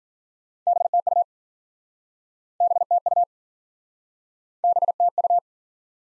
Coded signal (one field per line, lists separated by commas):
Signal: Morse code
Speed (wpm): 50 wpm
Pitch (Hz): 700 Hz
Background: none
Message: BTU BTU BTU